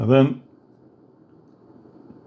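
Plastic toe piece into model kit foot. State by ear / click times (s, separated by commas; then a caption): not seated / none. Someone talks briefly at the start, then faint low handling noise continues while the plastic toe piece of a Master Grade Sinanju model robot kit is held against the kit's foot assembly. Nothing has seated or clicked yet.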